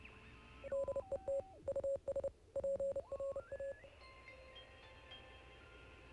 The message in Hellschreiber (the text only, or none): none